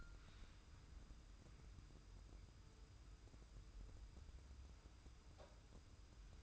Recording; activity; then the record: daily activity, microphone in the room; wipe stove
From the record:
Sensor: 2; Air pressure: 990.4 hPa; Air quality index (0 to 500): 198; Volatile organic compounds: 1000 ppm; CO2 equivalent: 6338 ppm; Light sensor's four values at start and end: 33/77/32/32 and 33/77/32/32